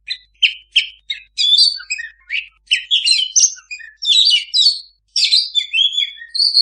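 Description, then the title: Oriental magpie-robin opening with several separate short chips, then building into fuller phrases of whistles and scratchy trills. Master recording of a singing (gacor) kacer, meant for owners whose kacer do not sing (bisu). "mster Mnuk. Suara Masteran Kacer Gacor. Kacer Bisu"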